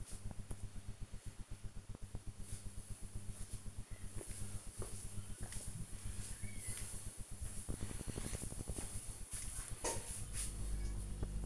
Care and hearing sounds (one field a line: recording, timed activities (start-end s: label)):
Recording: household activities, microphone on the right wrist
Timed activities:
none